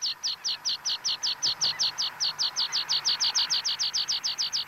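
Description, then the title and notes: Eurasian rock pipit calls: a steady, rapid series of sharp, high notes, even throughout. "Viikon luontoääni: Luotokirvinen. Juha Laaksonen"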